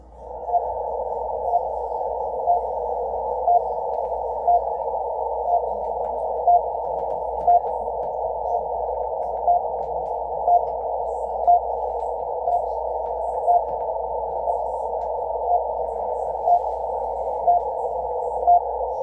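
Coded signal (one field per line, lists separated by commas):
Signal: radio time signal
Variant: RWM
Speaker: so rwm Moscow time signal let's go Russia pretty good signal tonight um around with zero one 12 UTC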